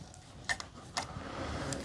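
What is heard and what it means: A tabbed cable connector is fitted into the printhead of an AnkerMake M5C 3D printer, with short sharp handling sounds at about 0.6, 1.0 and 1.7 seconds over a steady low background. The connection does not click into place, and nothing has clicked yet.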